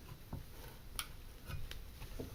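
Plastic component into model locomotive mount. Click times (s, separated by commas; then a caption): 1.0 s. A plastic part is started into its plastic mount on an Intermountain GEVO model locomotive and pressed in, with faint handling taps throughout. It snaps into place with a sharp click at 1.0 s, followed by a smaller tick at 1.7 s, and is now secure.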